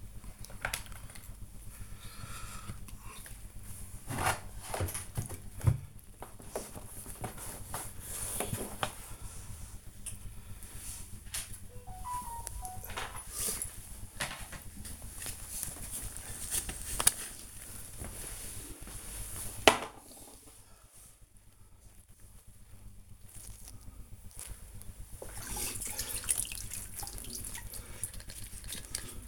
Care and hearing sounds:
household activities, microphone on the right wrist
0.00-29.28 s: cleaning the cupboard

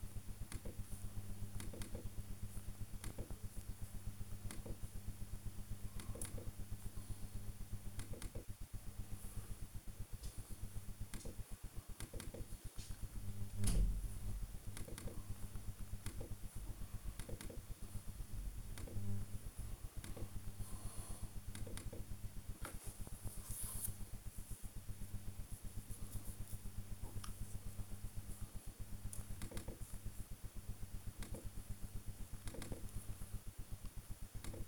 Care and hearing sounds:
household activities, microphone on the right wrist
0.00-34.68 s: working on the computer

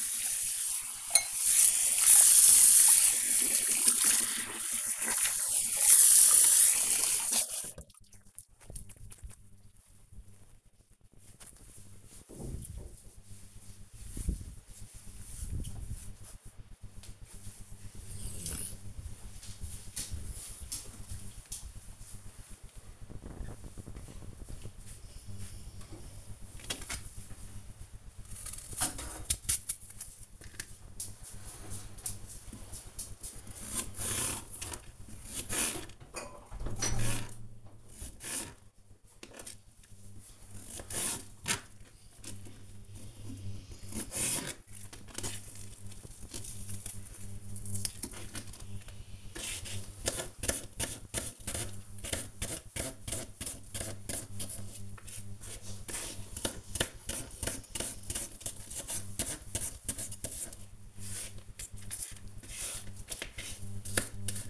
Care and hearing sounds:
household activities, microphone on the right wrist
0.00-8.92 s: brushing teeth
25.05-64.50 s: cutting vegetables

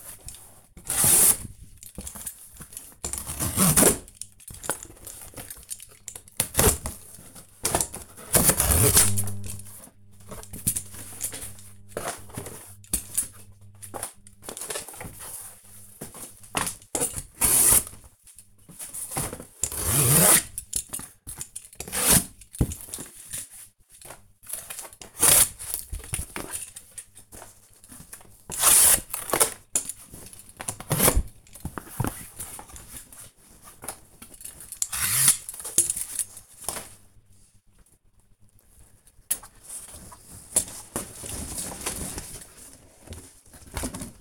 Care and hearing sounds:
household activities, microphone on the right wrist
0.00-44.21 s: cutting cardboard

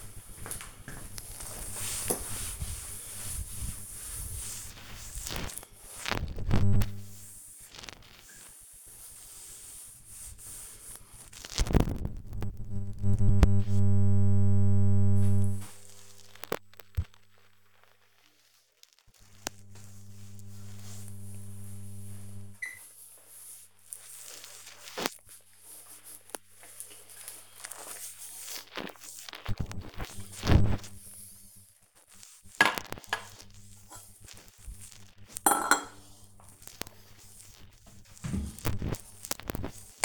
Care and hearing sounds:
household activities, microphone on the right wrist
0.00-10.84 s: cleaning door
15.86-28.93 s: cleaning table
37.98-40.05 s: cleaning the cupboard

